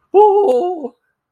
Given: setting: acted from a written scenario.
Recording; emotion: vocal sound without words; amusement